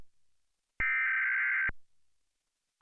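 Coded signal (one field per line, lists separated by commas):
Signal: Emergency Alert System (SAME) tones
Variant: header bursts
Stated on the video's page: National EAS test relayed over a Charter Communications cable system in Northern Michigan.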